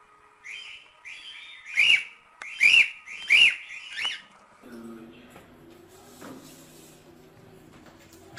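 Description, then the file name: Cockatiel whistles: three loud, arched, rising-and-falling notes in quick succession, then softer chatter over a low steady hum. Lutino colour variety, song. "canto da calopsita lutino"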